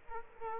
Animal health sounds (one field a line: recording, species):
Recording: mosquito wingbeat signal from an infrared sensor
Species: Aedes aegypti